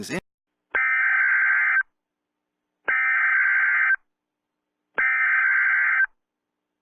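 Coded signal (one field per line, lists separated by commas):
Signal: Emergency Alert System (SAME) tones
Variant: header bursts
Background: speech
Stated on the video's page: Fictional, unrealistic nuclear scenario.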